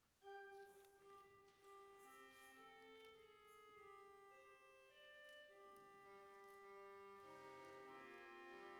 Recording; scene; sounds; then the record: everyday scene through a hearing-aid microphone; reverberant space; music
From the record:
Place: church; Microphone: behind the ear, right, rear